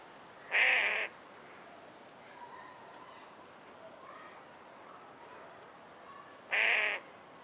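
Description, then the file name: Carrion crow calling with two harsh, grating caws about six seconds apart, with quiet background in between. "Corvus corone"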